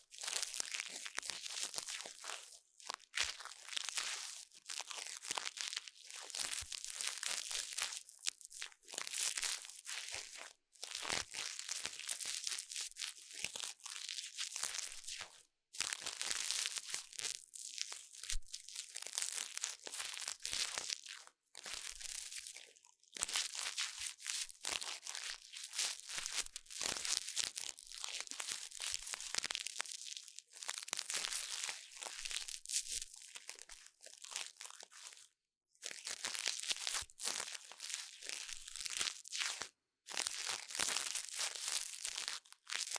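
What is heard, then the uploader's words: Ear cleaning sounds: dense, bright crinkly scratching and crunching in long bursts, broken by brief silent pauses every few seconds. 台灣ASMR | 雙胞胎幫你掏耳朵 | Twins Ear Cleaning| NO Talking.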